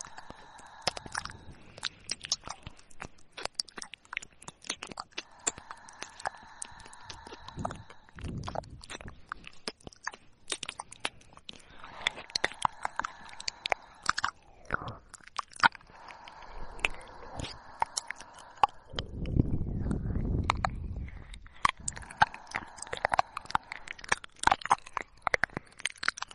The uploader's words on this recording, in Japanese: 口腔音刺激助眠解压。